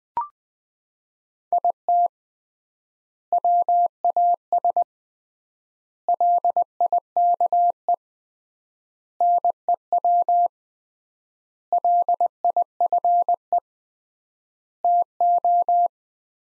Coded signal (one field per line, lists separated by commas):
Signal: Morse code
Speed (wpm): 20 wpm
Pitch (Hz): 700 Hz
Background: none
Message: IT WAS LIKE NEW LIFE TO